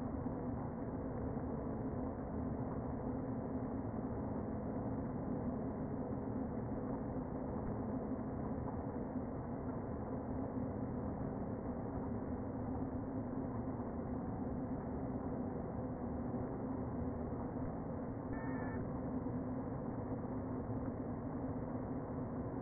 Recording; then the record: honeybee colony, microphone inside the hive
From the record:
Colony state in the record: queen present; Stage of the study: before two queens were removed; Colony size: about 60,000 bees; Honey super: yes